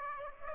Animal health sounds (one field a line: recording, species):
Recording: mosquito wingbeat signal from an infrared sensor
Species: Aedes aegypti